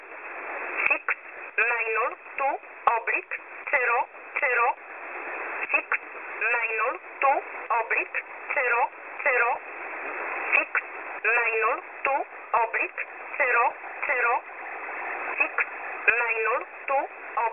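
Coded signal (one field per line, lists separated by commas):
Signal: numbers station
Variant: E11 Oblique, English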